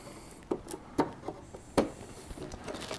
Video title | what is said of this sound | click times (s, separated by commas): Customer System Build - System 11 - LIVE | and when you push it down you should hear a little click and you're good to go | 1.8 s